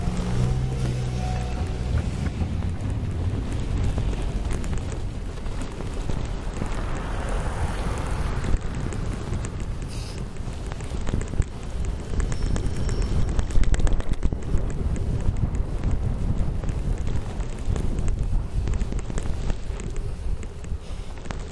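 A cycle path on Hämeentie in Helsinki after a snowstorm, filled with a steady, dense low rumble of passing traffic. Wind buffets the microphone throughout, and the noise swells somewhat from about 13 seconds on. A low engine drone sounds briefly at the start.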